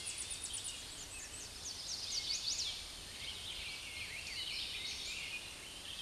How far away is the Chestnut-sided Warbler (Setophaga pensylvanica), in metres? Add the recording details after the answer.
about 20 m. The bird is about 5 m above the microphone. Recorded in a Pennsylvania forest on 16 May 2024 at 06:43. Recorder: AudioMoth, point MSD-2155. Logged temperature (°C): 15.6 °C. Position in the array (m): 75 m, 104 m